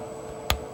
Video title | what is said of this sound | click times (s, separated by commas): Bmw e34 ignition coil boot replacement | click it in, | 0.5 s